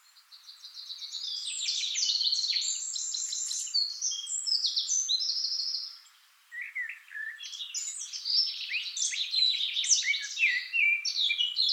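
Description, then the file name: Eurasian blackcap song in two bursts: a long scratchy warble, a short pause, then a second lively phrase of mixed chattering and whistled notes. "Sylvia atricapilla"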